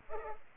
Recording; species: mosquito wingbeat signal from an infrared sensor; Culex pipiens